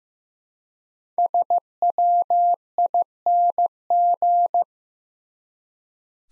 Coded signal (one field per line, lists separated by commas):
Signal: Morse code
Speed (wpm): 15 wpm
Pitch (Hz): 700 Hz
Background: none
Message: SWING